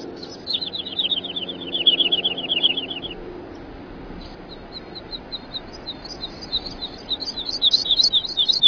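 Woodlark song: a rapid run of repeated slurred notes, falling slightly in pitch, a pause, then another series of high repeated notes that grows louder.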